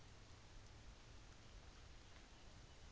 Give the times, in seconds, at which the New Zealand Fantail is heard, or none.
none